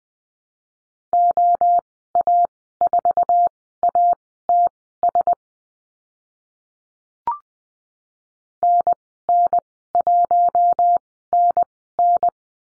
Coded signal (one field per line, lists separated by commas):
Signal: Morse code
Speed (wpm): 20 wpm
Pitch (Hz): 700 Hz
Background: none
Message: OA4ATS NN1NN